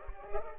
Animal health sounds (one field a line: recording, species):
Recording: mosquito wingbeat signal from an infrared sensor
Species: Culex pipiens